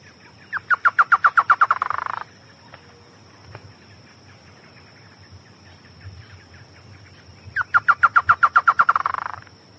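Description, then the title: Chotoy spinetail song: two rattling bouts of quick repeated notes ending in a dense scratchy buzz, separated by several seconds of quiet with a constant thin high tone. "LuckyPassaro Completos2Sama. Chotoy Spinetail (Schoeniophylax phryganophilus)"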